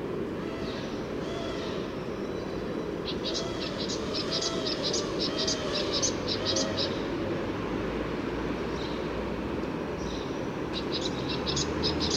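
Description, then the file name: Great tit calls: fast series of brief, high, ticking notes in two bursts, with a softer low hum running through the background. "Parus major"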